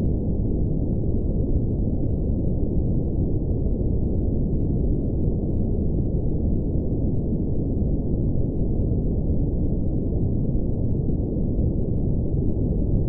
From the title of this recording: Deep Smoothed Brown Noise Ambience